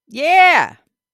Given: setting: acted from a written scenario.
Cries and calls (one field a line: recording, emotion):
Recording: vocal sound without words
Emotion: triumph